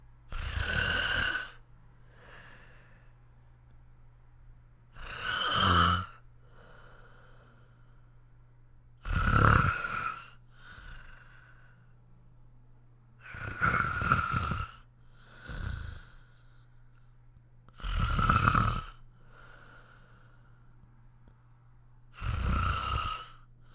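An adult snoring in sleep: loud rough snores repeat about every four seconds, roughly 14 a minute, each followed by a softer breath out. The rhythm is fairly regular, with a steady low hum in the background.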